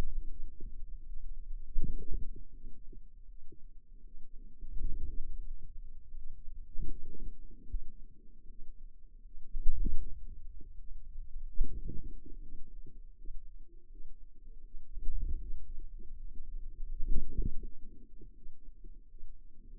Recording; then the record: forearm muscle sounds (acoustic myography)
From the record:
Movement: wrist extension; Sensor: system 2, bracelet of six BSWA MPA416 microphones around the upper forearm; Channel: 3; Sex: female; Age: 23 years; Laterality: right